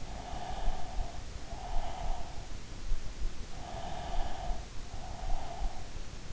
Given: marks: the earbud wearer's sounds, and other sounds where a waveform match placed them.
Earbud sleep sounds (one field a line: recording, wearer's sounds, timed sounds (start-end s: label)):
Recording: sounds in sleep by an in-ear microphone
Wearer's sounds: breath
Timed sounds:
0.04-2.50 s: breath
3.62-5.76 s: breath